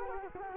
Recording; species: mosquito wingbeat signal from an infrared sensor; Culex quinquefasciatus